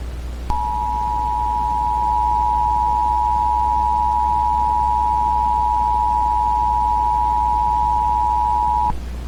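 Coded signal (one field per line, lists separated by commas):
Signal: Emergency Alert System (SAME) tones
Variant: 853 and 960 Hz attention tone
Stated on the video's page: Fictional EAS scenario; alerts are not real emergency broadcasts.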